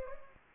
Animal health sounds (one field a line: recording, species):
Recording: mosquito wingbeat signal from an infrared sensor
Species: Anopheles gambiae